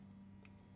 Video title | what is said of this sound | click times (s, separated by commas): Marinebeam Light Air Switch by Scheiber | they're locked in there you'll hear it click and now | 0.5 s